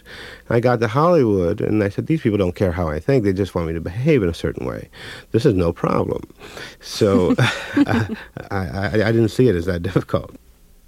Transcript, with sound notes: I got to Hollywood, and I said, these people don't care how I think. They just want me to behave in a certain way. This is no problem.
(Laughter).
So I didn't see it as that difficult.